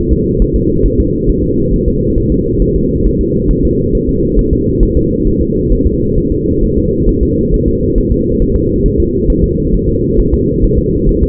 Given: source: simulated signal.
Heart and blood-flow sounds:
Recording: fetal heart sounds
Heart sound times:
0.12 s: S2
0.42 s: S1
0.56 s: S2
0.86 s: S1
1.00 s: S2
1.30 s: S1
1.44 s: S2
1.73 s: S1
1.88 s: S2
2.18 s: S1
2.32 s: S2
2.62 s: S1
2.76 s: S2
3.06 s: S1
3.21 s: S2
3.51 s: S1
3.65 s: S2
3.95 s: S1
4.09 s: S2
4.39 s: S1
4.53 s: S2
4.83 s: S1
4.97 s: S2
5.27 s: S1
5.41 s: S2
5.72 s: S1
5.86 s: S2
6.18 s: S1
6.32 s: S2
6.64 s: S1
6.78 s: S2
7.09 s: S1
7.23 s: S2
7.54 s: S1
7.68 s: S2
7.98 s: S1
8.12 s: S2
8.42 s: S1
8.56 s: S2
8.86 s: S1
9.00 s: S2
9.30 s: S1
9.44 s: S2
9.75 s: S1
9.89 s: S2
10.19 s: S1
10.34 s: S2
10.64 s: S1
10.79 s: S2
11.09 s: S1
11.23 s: S2
From the record:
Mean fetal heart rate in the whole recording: 135 bpm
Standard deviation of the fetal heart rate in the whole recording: 3 bpm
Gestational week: 36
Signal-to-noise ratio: -14.7 dB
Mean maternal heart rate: 72 bpm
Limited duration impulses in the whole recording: present

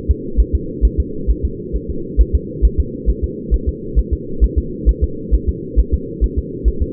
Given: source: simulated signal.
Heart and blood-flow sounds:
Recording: fetal heart sounds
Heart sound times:
0.11 s: S2
0.40 s: S1
0.55 s: S2
0.85 s: S1
1.00 s: S2
1.30 s: S1
1.45 s: S2
1.76 s: S1
1.90 s: S2
2.21 s: S1
2.35 s: S2
2.65 s: S1
2.80 s: S2
3.10 s: S1
3.24 s: S2
3.54 s: S1
3.69 s: S2
3.99 s: S1
4.13 s: S2
4.44 s: S1
4.58 s: S2
4.89 s: S1
5.04 s: S2
5.34 s: S1
5.49 s: S2
5.80 s: S1
5.94 s: S2
6.24 s: S1
6.39 s: S2
6.68 s: S1
6.82 s: S2
From the record:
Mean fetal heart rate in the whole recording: 135 bpm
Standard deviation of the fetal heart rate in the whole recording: 3 bpm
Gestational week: 34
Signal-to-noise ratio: -4.3 dB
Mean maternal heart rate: 72 bpm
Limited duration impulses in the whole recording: absent

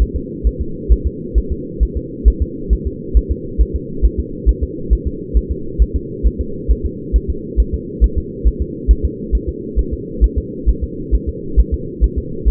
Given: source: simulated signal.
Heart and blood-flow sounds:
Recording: fetal heart sounds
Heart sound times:
0.02 s: S1
0.16 s: S2
0.47 s: S1
0.61 s: S2
0.92 s: S1
1.07 s: S2
1.38 s: S1
1.52 s: S2
1.83 s: S1
1.97 s: S2
2.28 s: S1
2.42 s: S2
2.73 s: S1
2.87 s: S2
3.17 s: S1
3.31 s: S2
3.61 s: S1
3.76 s: S2
4.05 s: S1
4.20 s: S2
4.49 s: S1
4.63 s: S2
4.93 s: S1
5.07 s: S2
5.37 s: S1
5.52 s: S2
5.82 s: S1
5.96 s: S2
6.27 s: S1
6.41 s: S2
6.71 s: S1
6.86 s: S2
7.16 s: S1
7.30 s: S2
7.60 s: S1
7.74 s: S2
8.04 s: S1
8.18 s: S2
8.47 s: S1
8.62 s: S2
8.91 s: S1
9.05 s: S2
9.35 s: S1
9.49 s: S2
9.79 s: S1
9.93 s: S2
10.24 s: S1
10.38 s: S2
10.69 s: S1
10.83 s: S2
11.15 s: S1
11.29 s: S2
11.60 s: S1
11.74 s: S2
12.04 s: S1
12.18 s: S2
12.48 s: S1
From the record:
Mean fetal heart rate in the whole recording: 135 bpm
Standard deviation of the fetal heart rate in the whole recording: 3 bpm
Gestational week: 34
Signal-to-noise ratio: -4.3 dB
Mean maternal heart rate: 72 bpm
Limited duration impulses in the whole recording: absent

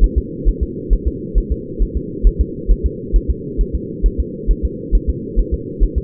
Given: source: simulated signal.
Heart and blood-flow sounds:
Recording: fetal heart sounds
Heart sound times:
0.04 s: S1
0.18 s: S2
0.48 s: S1
0.63 s: S2
0.93 s: S1
1.08 s: S2
1.38 s: S1
1.52 s: S2
1.82 s: S1
1.97 s: S2
2.27 s: S1
2.41 s: S2
2.71 s: S1
2.86 s: S2
3.16 s: S1
3.30 s: S2
3.61 s: S1
3.75 s: S2
4.06 s: S1
4.20 s: S2
4.51 s: S1
4.65 s: S2
4.95 s: S1
5.10 s: S2
5.39 s: S1
5.54 s: S2
5.83 s: S1
5.98 s: S2
From the record:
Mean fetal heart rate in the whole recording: 135 bpm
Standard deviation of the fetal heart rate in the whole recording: 3 bpm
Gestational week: 36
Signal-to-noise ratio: -4.1 dB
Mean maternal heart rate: no maternal heart sound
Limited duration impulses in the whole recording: absent

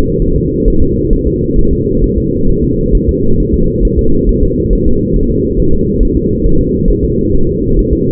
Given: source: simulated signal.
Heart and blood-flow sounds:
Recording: fetal heart sounds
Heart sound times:
0.22 s: S1
0.36 s: S2
0.68 s: S1
0.82 s: S2
1.13 s: S1
1.27 s: S2
1.59 s: S1
1.73 s: S2
2.04 s: S1
2.18 s: S2
2.50 s: S1
2.64 s: S2
2.95 s: S1
3.09 s: S2
3.40 s: S1
3.54 s: S2
3.85 s: S1
3.99 s: S2
4.29 s: S1
4.43 s: S2
4.73 s: S1
4.87 s: S2
5.16 s: S1
5.30 s: S2
5.60 s: S1
5.74 s: S2
6.03 s: S1
6.17 s: S2
6.46 s: S1
6.61 s: S2
6.90 s: S1
7.04 s: S2
7.35 s: S1
7.49 s: S2
7.79 s: S1
7.93 s: S2
From the record:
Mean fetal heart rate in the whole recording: 135 bpm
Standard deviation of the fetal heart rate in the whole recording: 3 bpm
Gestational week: 36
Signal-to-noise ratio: -17.7 dB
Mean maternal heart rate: 72 bpm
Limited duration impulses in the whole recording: present

